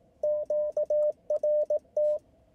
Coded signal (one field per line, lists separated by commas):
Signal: Morse code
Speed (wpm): 18 wpm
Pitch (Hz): 600 Hz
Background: radio noise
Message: QRT